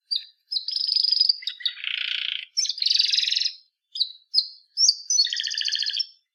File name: Canary Artie